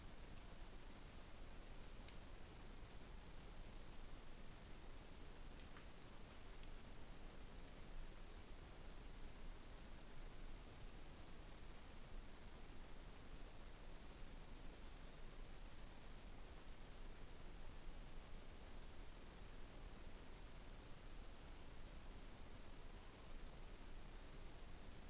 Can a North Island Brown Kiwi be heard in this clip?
no